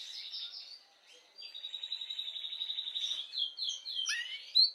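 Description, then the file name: Canary song, fairly soft, with a pulsing mid-pitched roll, then a sequence of quick repeated notes and a sharp flourish at the end. Belgian mosaic canary. "canto do canario belga mosaico"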